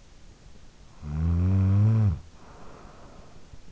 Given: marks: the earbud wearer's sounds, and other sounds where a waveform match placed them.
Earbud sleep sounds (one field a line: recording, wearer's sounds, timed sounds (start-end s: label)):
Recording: sounds in sleep by an in-ear microphone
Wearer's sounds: snoring breath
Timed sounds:
0.62-3.65 s: snoring breath